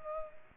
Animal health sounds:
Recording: mosquito wingbeat signal from an infrared sensor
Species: Culex pipiens

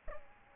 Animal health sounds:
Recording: mosquito wingbeat signal from an infrared sensor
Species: Aedes albopictus

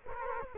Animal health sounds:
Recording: mosquito wingbeat signal from an infrared sensor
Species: Culex quinquefasciatus

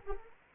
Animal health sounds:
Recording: mosquito wingbeat signal from an infrared sensor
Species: Anopheles arabiensis

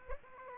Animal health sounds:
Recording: mosquito wingbeat signal from an infrared sensor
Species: Aedes aegypti

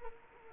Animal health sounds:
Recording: mosquito wingbeat signal from an infrared sensor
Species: Culex quinquefasciatus

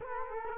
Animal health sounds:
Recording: mosquito wingbeat signal from an infrared sensor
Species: Culex quinquefasciatus

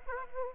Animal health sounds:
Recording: mosquito wingbeat signal from an infrared sensor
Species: Aedes aegypti

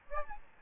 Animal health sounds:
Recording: mosquito wingbeat signal from an infrared sensor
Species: Aedes albopictus

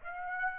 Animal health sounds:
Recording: mosquito wingbeat signal from an infrared sensor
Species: Aedes aegypti

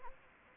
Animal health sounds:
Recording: mosquito wingbeat signal from an infrared sensor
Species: Anopheles gambiae

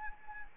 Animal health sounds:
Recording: mosquito wingbeat signal from an infrared sensor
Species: Anopheles arabiensis

